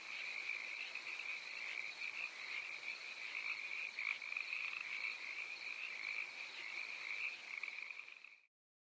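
Crickets chirping as a continuous shrill chorus of rapid pulses, which cuts off abruptly just before the end, leaving silence.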